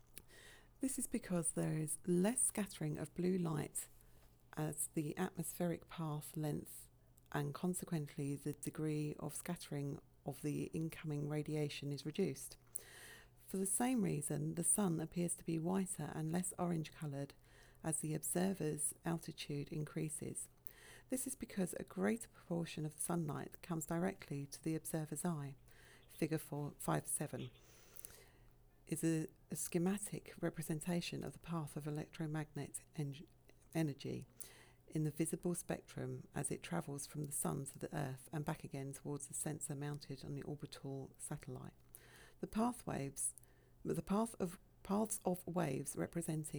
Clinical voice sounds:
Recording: text read into a phone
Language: English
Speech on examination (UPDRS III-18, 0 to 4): 0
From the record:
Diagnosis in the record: healthy control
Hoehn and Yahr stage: 0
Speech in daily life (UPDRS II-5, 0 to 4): 0

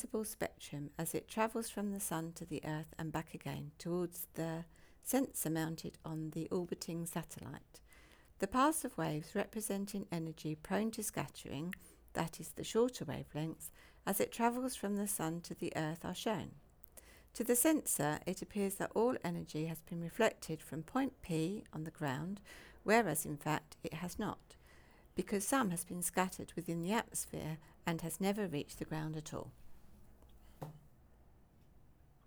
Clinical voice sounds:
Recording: text read into a phone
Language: English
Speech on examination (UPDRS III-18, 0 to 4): 0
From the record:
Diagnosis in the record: healthy control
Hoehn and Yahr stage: 0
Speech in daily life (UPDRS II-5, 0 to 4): 0

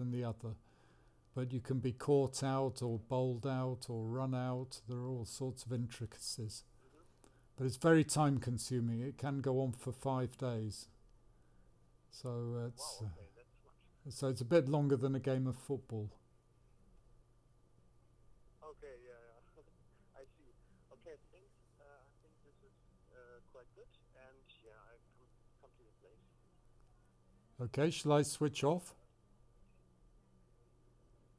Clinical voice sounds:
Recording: conversation on a phone call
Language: English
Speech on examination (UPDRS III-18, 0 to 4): 0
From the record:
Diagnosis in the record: Parkinson's disease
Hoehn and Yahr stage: 2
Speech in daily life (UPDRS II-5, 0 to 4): 0

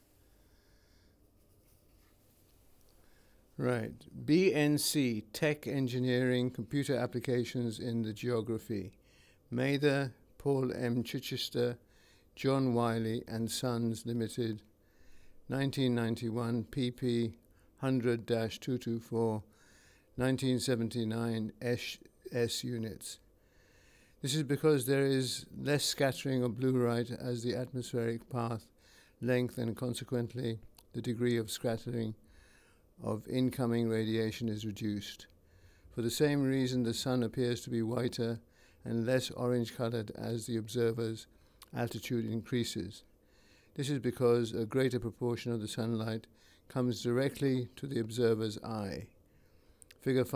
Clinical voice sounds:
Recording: text read into a phone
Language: English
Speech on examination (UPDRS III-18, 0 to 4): 1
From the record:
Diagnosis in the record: Parkinson's disease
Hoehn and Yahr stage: 3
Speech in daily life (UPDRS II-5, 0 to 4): 1

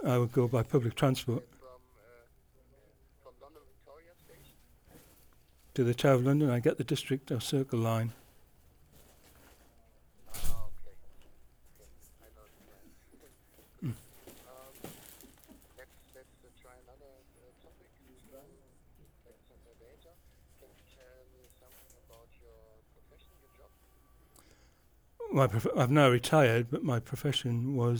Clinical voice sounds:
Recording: conversation on a phone call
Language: English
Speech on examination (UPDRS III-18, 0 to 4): 1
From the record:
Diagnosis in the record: Parkinson's disease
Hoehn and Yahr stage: 3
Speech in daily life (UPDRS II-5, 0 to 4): 0

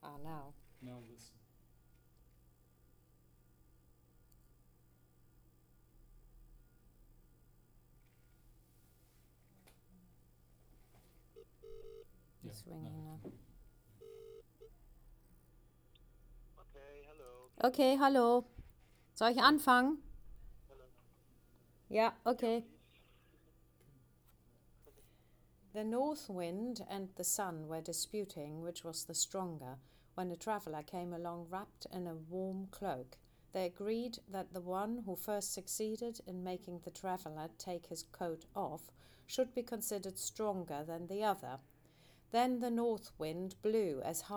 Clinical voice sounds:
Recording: text read into a phone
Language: English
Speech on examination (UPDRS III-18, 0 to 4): 0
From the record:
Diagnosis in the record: healthy control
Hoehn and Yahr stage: 0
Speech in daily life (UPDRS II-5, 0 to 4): 0

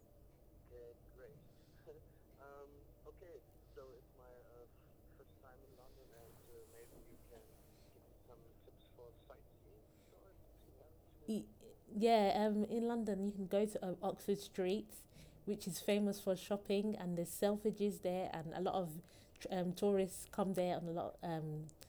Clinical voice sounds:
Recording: conversation on a phone call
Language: English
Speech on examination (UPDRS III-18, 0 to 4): 0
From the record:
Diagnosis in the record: healthy control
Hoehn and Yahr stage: 0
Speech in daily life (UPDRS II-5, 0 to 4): 0

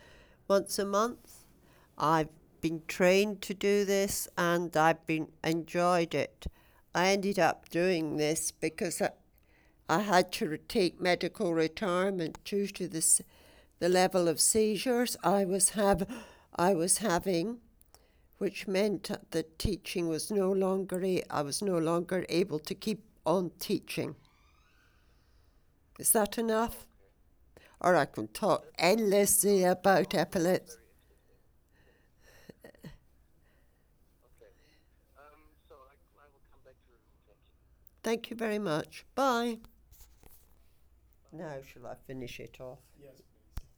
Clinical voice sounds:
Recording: conversation on a phone call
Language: English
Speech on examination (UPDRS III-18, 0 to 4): 0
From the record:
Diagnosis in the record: healthy control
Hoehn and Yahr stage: 0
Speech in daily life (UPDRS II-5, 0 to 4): 0

